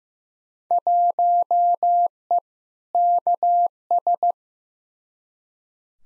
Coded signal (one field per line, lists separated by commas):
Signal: Morse code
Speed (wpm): 15 wpm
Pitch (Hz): 700 Hz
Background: none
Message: 1E KS